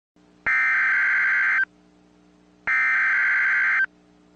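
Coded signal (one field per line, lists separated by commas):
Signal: Emergency Alert System (SAME) tones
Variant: header bursts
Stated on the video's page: Fake, self-made EAS alert.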